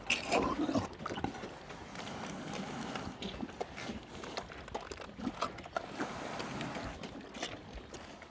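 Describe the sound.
Pig herd eating, with rapid irregular crunching and clicking sounds and a louder burst at the start.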